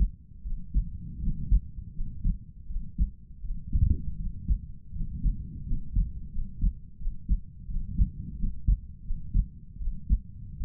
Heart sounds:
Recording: heart sounds by stethoscope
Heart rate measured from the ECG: 83 bpm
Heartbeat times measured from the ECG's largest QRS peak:
0.43 s: heartbeat
1.20 s: heartbeat
1.93 s: heartbeat
2.67 s: heartbeat
3.41 s: heartbeat
4.17 s: heartbeat
4.92 s: heartbeat
5.64 s: heartbeat
6.30 s: heartbeat
6.97 s: heartbeat
7.67 s: heartbeat
8.36 s: heartbeat
9.03 s: heartbeat
9.78 s: heartbeat
10.58 s: heartbeat
From the record:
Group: healthy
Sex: male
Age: 22 years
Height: 181 cm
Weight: 60 kg

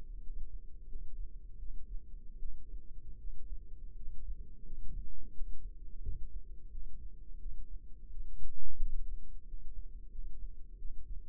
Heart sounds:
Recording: heart sounds by microphone in the left ear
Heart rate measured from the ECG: 85 bpm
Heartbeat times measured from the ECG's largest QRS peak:
0.20 s: heartbeat
0.86 s: heartbeat
1.56 s: heartbeat
2.37 s: heartbeat
3.15 s: heartbeat
3.93 s: heartbeat
4.63 s: heartbeat
5.31 s: heartbeat
5.99 s: heartbeat
6.68 s: heartbeat
7.37 s: heartbeat
8.08 s: heartbeat
8.77 s: heartbeat
9.43 s: heartbeat
10.08 s: heartbeat
10.75 s: heartbeat
From the record:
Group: healthy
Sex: female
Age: 26 years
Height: 165 cm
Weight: 55 kg

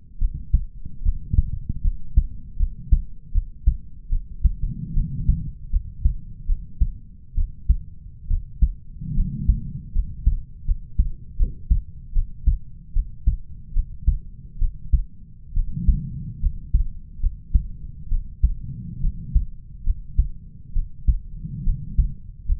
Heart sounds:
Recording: heart sounds by stethoscope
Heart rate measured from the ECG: 73 bpm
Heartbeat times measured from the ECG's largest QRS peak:
0.19 s: heartbeat
1.03 s: heartbeat
1.82 s: heartbeat
2.57 s: heartbeat
3.32 s: heartbeat
4.10 s: heartbeat
4.94 s: heartbeat
5.71 s: heartbeat
6.47 s: heartbeat
7.35 s: heartbeat
8.28 s: heartbeat
9.15 s: heartbeat
9.93 s: heartbeat
10.65 s: heartbeat
11.37 s: heartbeat
12.13 s: heartbeat
12.94 s: heartbeat
13.74 s: heartbeat
14.59 s: heartbeat
15.54 s: heartbeat
16.40 s: heartbeat
17.20 s: heartbeat
18.09 s: heartbeat
19.01 s: heartbeat
19.84 s: heartbeat
20.73 s: heartbeat
21.64 s: heartbeat
22.46 s: heartbeat
From the record:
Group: healthy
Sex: male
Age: 20 years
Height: 187 cm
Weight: 68.9 kg

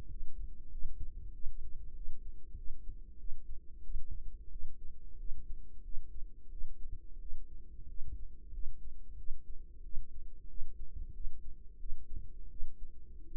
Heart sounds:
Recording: heart sounds by microphone in the right ear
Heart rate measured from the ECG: 91 bpm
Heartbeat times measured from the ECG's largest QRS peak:
0.08 s: heartbeat
0.70 s: heartbeat
1.32 s: heartbeat
1.94 s: heartbeat
2.56 s: heartbeat
3.17 s: heartbeat
3.83 s: heartbeat
4.50 s: heartbeat
5.18 s: heartbeat
5.82 s: heartbeat
6.50 s: heartbeat
7.19 s: heartbeat
7.87 s: heartbeat
8.52 s: heartbeat
9.17 s: heartbeat
9.83 s: heartbeat
10.48 s: heartbeat
11.13 s: heartbeat
11.78 s: heartbeat
12.49 s: heartbeat
13.25 s: heartbeat
From the record:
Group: healthy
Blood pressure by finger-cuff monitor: 105/61 mmHg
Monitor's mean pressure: 75 mmHg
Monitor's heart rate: 92 bpm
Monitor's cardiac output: 7.9 L/min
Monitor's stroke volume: 86 mL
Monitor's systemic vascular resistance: 690 dyn s/cm5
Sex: female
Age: 22 years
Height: 157 cm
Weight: 47.6 kg

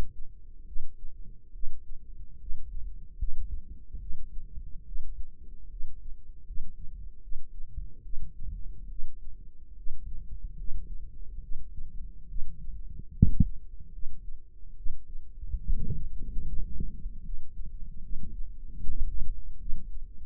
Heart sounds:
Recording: heart sounds by microphone in the right ear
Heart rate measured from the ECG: 73 bpm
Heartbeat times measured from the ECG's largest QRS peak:
0.64 s: heartbeat
1.51 s: heartbeat
2.38 s: heartbeat
3.16 s: heartbeat
3.98 s: heartbeat
4.83 s: heartbeat
5.68 s: heartbeat
6.44 s: heartbeat
7.20 s: heartbeat
8.01 s: heartbeat
8.87 s: heartbeat
9.74 s: heartbeat
10.55 s: heartbeat
11.39 s: heartbeat
12.26 s: heartbeat
13.11 s: heartbeat
13.90 s: heartbeat
14.74 s: heartbeat
15.62 s: heartbeat
16.44 s: heartbeat
17.21 s: heartbeat
18.00 s: heartbeat
18.77 s: heartbeat
19.57 s: heartbeat
From the record:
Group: healthy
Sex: female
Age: 19 years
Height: 163 cm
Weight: 51 kg

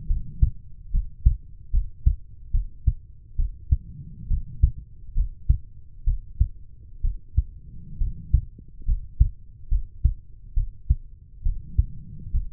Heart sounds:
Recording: heart sounds by stethoscope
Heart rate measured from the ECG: 69 bpm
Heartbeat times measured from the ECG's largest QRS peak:
0.07 s: heartbeat
0.91 s: heartbeat
1.71 s: heartbeat
2.52 s: heartbeat
3.36 s: heartbeat
4.28 s: heartbeat
5.14 s: heartbeat
6.04 s: heartbeat
7.01 s: heartbeat
7.98 s: heartbeat
8.85 s: heartbeat
9.69 s: heartbeat
10.54 s: heartbeat
11.43 s: heartbeat
12.31 s: heartbeat
From the record:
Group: healthy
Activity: cold pressor test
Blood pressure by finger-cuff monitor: 94/60 mmHg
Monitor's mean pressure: 71 mmHg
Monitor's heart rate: 69 bpm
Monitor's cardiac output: 5.6 L/min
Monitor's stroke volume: 81 mL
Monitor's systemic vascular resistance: 900 dyn s/cm5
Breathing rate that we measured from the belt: 15 breaths a minute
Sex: female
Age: 23 years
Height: 160 cm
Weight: 50.4 kg

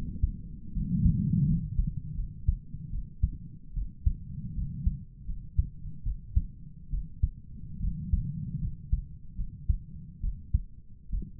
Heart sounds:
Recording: heart sounds by stethoscope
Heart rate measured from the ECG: 75 bpm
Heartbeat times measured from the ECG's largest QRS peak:
0.74 s: heartbeat
1.47 s: heartbeat
2.16 s: heartbeat
2.91 s: heartbeat
3.75 s: heartbeat
4.55 s: heartbeat
5.27 s: heartbeat
6.04 s: heartbeat
6.91 s: heartbeat
7.81 s: heartbeat
8.61 s: heartbeat
9.37 s: heartbeat
10.22 s: heartbeat
11.11 s: heartbeat
From the record:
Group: healthy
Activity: rest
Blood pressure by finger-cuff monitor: 114/62 mmHg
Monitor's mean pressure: 81 mmHg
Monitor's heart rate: 74 bpm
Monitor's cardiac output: 7.3 L/min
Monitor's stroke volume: 97 mL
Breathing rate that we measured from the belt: 17 breaths a minute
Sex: female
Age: 22 years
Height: 160 cm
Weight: 63 kg

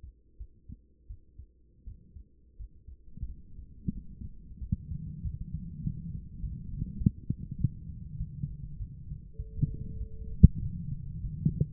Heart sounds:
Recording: heart sounds by stethoscope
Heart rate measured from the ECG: 94 bpm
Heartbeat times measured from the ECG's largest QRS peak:
0.38 s: heartbeat
1.07 s: heartbeat
1.84 s: heartbeat
2.57 s: heartbeat
3.26 s: heartbeat
3.93 s: heartbeat
4.59 s: heartbeat
5.22 s: heartbeat
5.82 s: heartbeat
6.40 s: heartbeat
6.98 s: heartbeat
7.58 s: heartbeat
8.18 s: heartbeat
8.77 s: heartbeat
9.36 s: heartbeat
9.98 s: heartbeat
10.60 s: heartbeat
11.21 s: heartbeat
From the record:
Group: healthy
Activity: rest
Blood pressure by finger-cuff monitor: 120/64 mmHg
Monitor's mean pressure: 83 mmHg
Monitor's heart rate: 92 bpm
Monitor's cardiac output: 7.9 L/min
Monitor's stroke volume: 88 mL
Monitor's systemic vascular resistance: 750 dyn s/cm5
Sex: female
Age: 24 years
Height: 163 cm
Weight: 55.7 kg

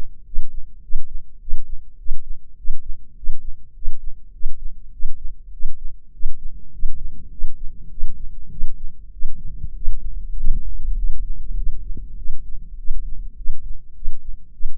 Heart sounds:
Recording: heart sounds by microphone in the left ear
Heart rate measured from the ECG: 101 bpm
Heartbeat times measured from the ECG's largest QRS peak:
0.25 s: heartbeat
0.82 s: heartbeat
1.40 s: heartbeat
1.98 s: heartbeat
2.57 s: heartbeat
3.16 s: heartbeat
3.74 s: heartbeat
4.32 s: heartbeat
4.92 s: heartbeat
5.52 s: heartbeat
6.12 s: heartbeat
6.71 s: heartbeat
7.30 s: heartbeat
7.90 s: heartbeat
8.50 s: heartbeat
9.11 s: heartbeat
9.74 s: heartbeat
10.35 s: heartbeat
10.96 s: heartbeat
11.55 s: heartbeat
12.17 s: heartbeat
12.77 s: heartbeat
13.36 s: heartbeat
13.94 s: heartbeat
14.52 s: heartbeat
From the record:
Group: healthy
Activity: cold pressor test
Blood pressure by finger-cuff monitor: 165/115 mmHg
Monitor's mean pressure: 128 mmHg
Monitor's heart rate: 101 bpm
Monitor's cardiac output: 7.8 L/min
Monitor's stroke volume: 76 mL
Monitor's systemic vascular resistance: 1230 dyn s/cm5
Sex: male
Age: 23 years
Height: 179 cm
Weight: 87 kg

